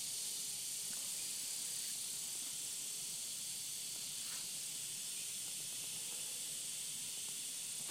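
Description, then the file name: Cicadas giving a constant high-pitched buzzing chorus, level and unbroken throughout. 28 August 2013, 10:08 AM. "freesound cicadas"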